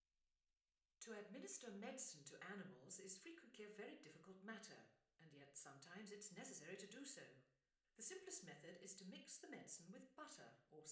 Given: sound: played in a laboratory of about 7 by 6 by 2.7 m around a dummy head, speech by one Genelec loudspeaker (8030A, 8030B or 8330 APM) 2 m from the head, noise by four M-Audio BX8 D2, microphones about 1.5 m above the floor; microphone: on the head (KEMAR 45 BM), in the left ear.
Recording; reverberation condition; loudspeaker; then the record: female speech in English; medium; 120 degrees to the left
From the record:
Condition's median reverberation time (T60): about 510 ms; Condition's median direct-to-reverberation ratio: about -0.5 dB